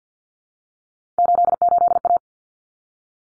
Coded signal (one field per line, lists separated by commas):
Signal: Morse code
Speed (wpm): 50 wpm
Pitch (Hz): 700 Hz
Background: none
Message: 88A